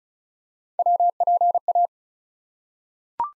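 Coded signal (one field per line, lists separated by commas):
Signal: Morse code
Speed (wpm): 33 wpm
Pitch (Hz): 700 Hz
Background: none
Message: WPA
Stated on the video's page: ARRL section abbreviations sent at 35 wpm as a head-copy drill for Field Day contest exchanges, each sent twice.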